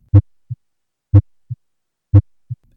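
Three regular heartbeats at about 60 a minute. In each one a loud, low first thump is followed by a softer, shorter second sound. The emphasized first sound is S1, the normal first heart sound that marks the start of each beat.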